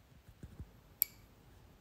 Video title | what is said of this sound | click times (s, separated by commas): How to Replace Volvo Front Window Wiper rubbers. | you can go to the end cap and snap that back into place you'll hear the little tab click in place | 1.0 s